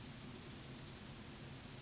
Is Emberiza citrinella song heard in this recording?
no